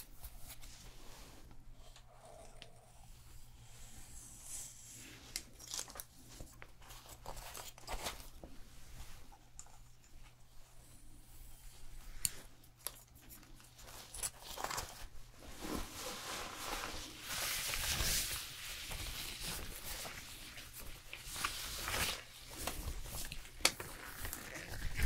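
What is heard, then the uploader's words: Hair salon sounds with a low steady hum running beneath, overlaid with many short scratchy and rustling bursts. Activity grows busier after about fifteen seconds, with a loud hissing spray around eighteen seconds and brief murmurs of voices scattered throughout. Hair Salon Haircut, Perm, Shampoo WLayered Sounds.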